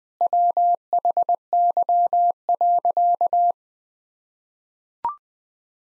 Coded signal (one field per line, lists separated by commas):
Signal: Morse code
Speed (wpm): 20 wpm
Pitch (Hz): 700 Hz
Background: none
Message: WHY.